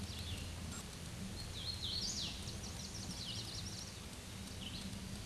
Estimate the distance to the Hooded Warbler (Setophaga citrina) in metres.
about 35 m